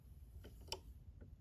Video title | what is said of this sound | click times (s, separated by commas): Inserting/ Adding Bobbin with Thread to Singer 5511 Heavy Duty Sewing Machine | and then it should go to the left did you hear that click if not press replay | 0.7 s